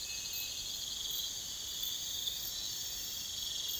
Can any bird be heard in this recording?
no